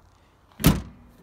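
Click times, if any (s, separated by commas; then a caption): 0.6 s. The steel hood of a Ram Laramie Longhorn pickup, lowered after adding windshield washer fluid, is pulled down into its front latch. A short, loud, broadband slam with a low thud at 0.6 s fades out over the next few tenths of a second. The latch catches and the hood is seated shut.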